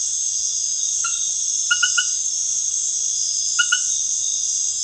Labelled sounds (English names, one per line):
none